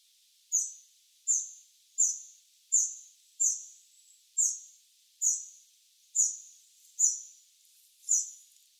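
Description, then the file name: Eurasian wren calls: sharp high ticks repeated steadily, a little faster than one per second, each note ringing briefly. "Troglodytes troglodytes"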